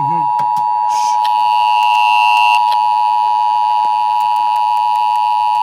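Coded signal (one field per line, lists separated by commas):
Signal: Emergency Alert System (SAME) tones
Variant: 853 and 960 Hz attention tone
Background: speech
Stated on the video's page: Tsunami communication drill EAS tests from Los Angeles TV and radio stations, including KNX 1070 AM and 93.9 FM.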